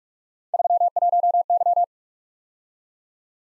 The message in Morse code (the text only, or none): 31Y